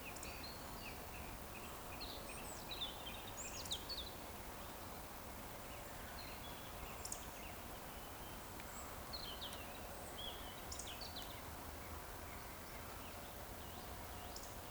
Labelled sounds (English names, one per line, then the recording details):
Eurasian Woodcock whistle
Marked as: whistle, whistle, whistle, whistle, whistle
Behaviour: display flight
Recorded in Baden-Württemberg, Germany, on 15 June 2020 at 19:49 UTC
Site 14569, 102 m above sea level